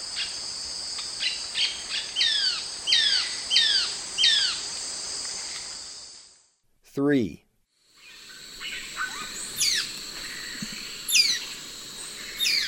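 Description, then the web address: Ochre-bellied flycatcher repeating quick down-slurred notes in bursts, a brief louder sweeping sound midway, then scattered further notes amid dense insect hum. Eastern lowlands of South America. "Natures Songs S America Eastern Lowlands. Ochre-bellied Flycatcher"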